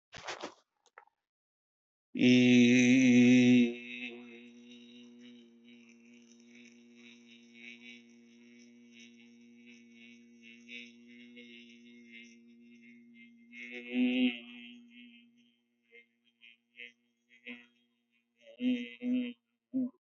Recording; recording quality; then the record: sustained vowel as in beet; excellent, no background noise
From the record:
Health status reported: healthy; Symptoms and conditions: none ticked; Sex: male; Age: 51 years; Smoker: not ticked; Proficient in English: yes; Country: India